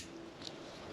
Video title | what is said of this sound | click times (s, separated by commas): BINTAC AEA DEFENDER 2.0 CAL.9mm et 45 ! Efficace en défense ? concours BinTac T30 semi-auto | Sie ist eingerastet. | 0.5 s